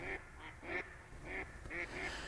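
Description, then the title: Mallard giving several short nasal quacks in quick succession, fairly soft against a low rumbling background. "Viikon luontoääni: Sinisorsa"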